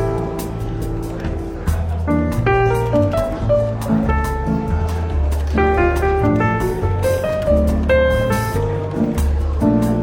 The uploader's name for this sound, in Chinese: 伦敦书店咖啡馆轻微喧闹氛围与柔和轻松的爵士背景音乐